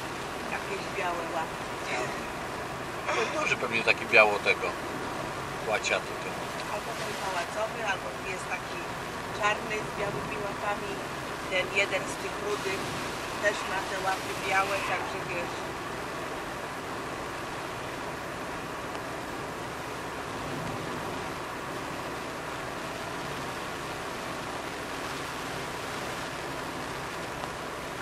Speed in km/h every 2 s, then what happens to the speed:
70, 70, 70, 69, 67, 68, 69, 69, 68, 68, 68, 68, 67, 67.
0-28 steady at about 68.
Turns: none.